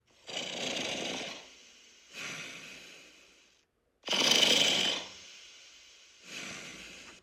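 Two breath cycles of soft, rattling light snoring are heard, each a louder fluttering inhale followed by a quieter, fading exhale, at about 17 breaths a minute. The noisy, airy flutter marks light snoring.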